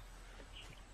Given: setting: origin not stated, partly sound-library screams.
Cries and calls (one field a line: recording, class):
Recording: one-second piece from a danger detection set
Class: normal situation